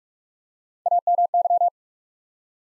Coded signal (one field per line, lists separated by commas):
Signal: Morse code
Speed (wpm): 42 wpm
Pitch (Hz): 700 Hz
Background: none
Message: AMY